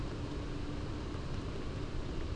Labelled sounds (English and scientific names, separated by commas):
none